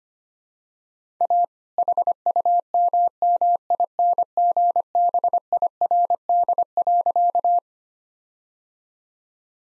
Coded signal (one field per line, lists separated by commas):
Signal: Morse code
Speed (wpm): 25 wpm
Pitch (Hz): 700 Hz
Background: none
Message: A HUMMINGBIRD.